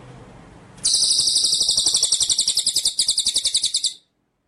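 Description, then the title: White-rumped shama song, a fast high buzzing roll of evenly pulsed notes held for about three seconds over faint background hiss. Masteran (training) track of full rolling ('ngerol') and 'nembak' shooting song style. "Masteran Murai Batu Full Ngerol Nembak"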